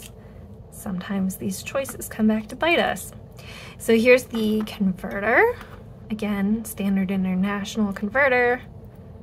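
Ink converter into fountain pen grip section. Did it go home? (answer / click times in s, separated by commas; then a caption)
no / none. A standard international ink converter is held at the grip section of an Esterbrook Estie Sea Glass fountain pen, ready to be pushed in. Someone talks throughout over faint handling sounds, and no distinct hit stands out. The clip ends before the converter goes home, so nothing has seated or clicked yet.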